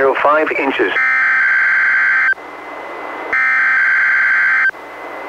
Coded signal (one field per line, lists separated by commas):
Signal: Emergency Alert System (SAME) tones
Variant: header bursts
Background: speech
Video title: EAS #538: NWR Required Weekly Test- Aug. 4, 2021- 11:02AM PDT